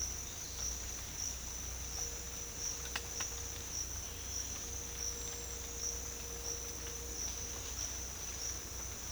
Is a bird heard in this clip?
no